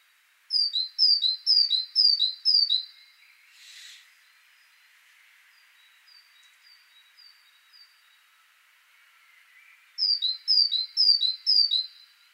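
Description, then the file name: Great tit singing a quick series of two-part whistled phrases, high note dropping to a lower one, then a short noisy burst, faint notes, and a second series near the end. "Parus major"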